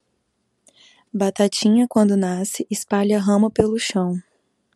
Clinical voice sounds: short text; Brazilian Portuguese; female; 30 to 39 years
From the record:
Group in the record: control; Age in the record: 31 years

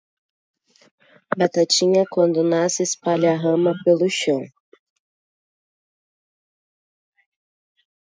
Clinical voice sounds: short text; Brazilian Portuguese; female; 20 to 29 years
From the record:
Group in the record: control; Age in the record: 28 years

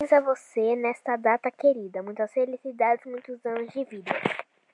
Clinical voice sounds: short text; Brazilian Portuguese; female; 18 to 19 years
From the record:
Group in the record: control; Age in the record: 19 years

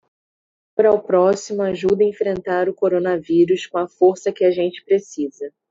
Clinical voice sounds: spoken sentence; Brazilian Portuguese; female; 18 to 19 years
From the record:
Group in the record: control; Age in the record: 19 years

